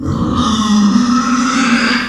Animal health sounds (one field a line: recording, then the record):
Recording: squeal of a Yucatan mini pig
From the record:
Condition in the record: after surgery on the right vocal fold (resection and tissue-engineered implant)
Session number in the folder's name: 14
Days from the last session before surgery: 133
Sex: female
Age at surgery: 19 weeks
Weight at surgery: 25 kg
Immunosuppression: prednisolone